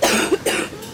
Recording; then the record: coughing mixed with background sound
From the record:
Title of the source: 60 coughing still (deep and wet cough)